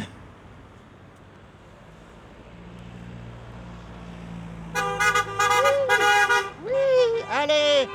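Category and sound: vehicle, car horns honking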